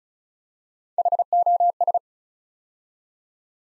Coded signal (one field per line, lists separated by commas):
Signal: Morse code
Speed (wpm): 36 wpm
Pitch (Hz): 700 Hz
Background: none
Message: HOS